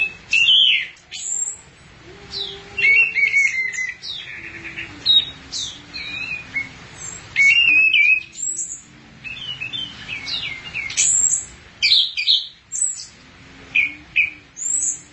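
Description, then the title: Thrush song: a busy, continuous stream of varied high chirps, trills and whistles in bursts separated by brief gaps, with a faint lower wavering sound beneath. "burung anis x"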